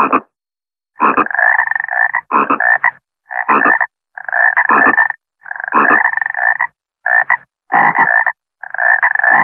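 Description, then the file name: Frog croaking in loud, harsh, buzzing bursts, repeated almost continuously with brief silent gaps, no other sounds noticeable. "Frog Cricket"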